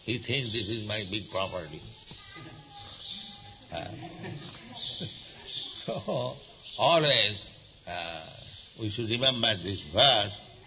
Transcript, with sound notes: He thinks, “This is my big property.” (laughs) So always we should remember this verse,